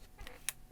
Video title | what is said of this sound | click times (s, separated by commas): Torras Ostand - You Never Seen an iPhone Case Like This! | you hear that click | 0.5 s